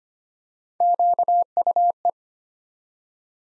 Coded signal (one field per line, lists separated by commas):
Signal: Morse code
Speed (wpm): 25 wpm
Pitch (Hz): 700 Hz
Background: none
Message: QUE